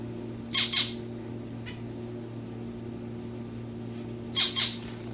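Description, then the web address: Society finch calls: a paired harsh note near the start, a faint note soon after, and another rasping pair near the end, over low background hum. Pet domestic society finches while their owner plays with them. "playing with my finches. lonchura striata domestica"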